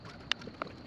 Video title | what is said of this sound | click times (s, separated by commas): Kia Soul Fuel Injector Cleaning DIY: P02xx Codes Fixed! | you definitely want to hear that click when you push it in | 0.3 s